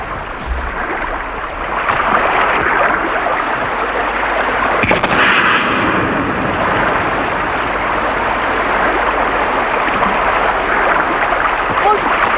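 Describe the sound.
A flare gun fires once, a single sharp crack about midway through, set against a continuous roar of rushing noise with voices faintly audible underneath.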